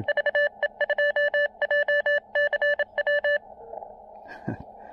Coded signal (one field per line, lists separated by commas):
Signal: Morse code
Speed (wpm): 27 wpm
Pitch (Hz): 1750 Hz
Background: none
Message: VE2JCW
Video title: An amazing QRP POTA ATNO at the Manicouagan Uapishka Biosphere Reserve in Baie-Comeau, Québec!